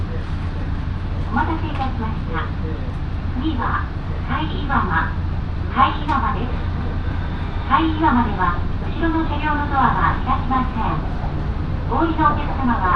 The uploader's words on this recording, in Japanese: 耳で楽しむ鉄道旅 身延線普通 身延→市川大門。